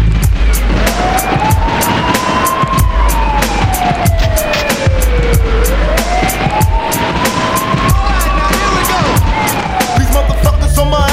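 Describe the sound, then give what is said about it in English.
A police siren during a car chase wails slowly up and down in a long, loud sweeping tone, riding over steady, rhythmic thumping hits and a low rumbling underneath. “I hear the sirens, run for cover, over the fence and open fire.”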